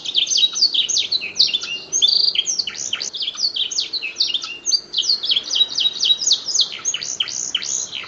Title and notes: PANCINGAN SUARA MASTERAN KENARI. masteran kicau kenari